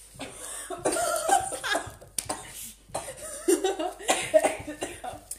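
Several harsh, explosive cough bursts in quick clusters from an adult, with brief breaths and some laughter mixed in, in a small room. This is an irritant cough set off by a two-second inhalation of vape vapour, like someone who has never smoked before.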